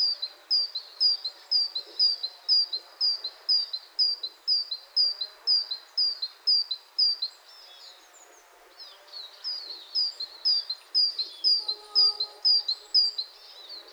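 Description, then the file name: Great tit giving quick, high, repeated two-note phrases about twice per second, pausing briefly near the middle before resuming; faint lower bird notes in the background. "Parus major"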